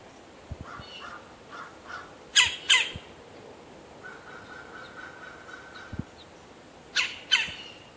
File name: Melanerpes carolinus - Red-bellied Woodpecker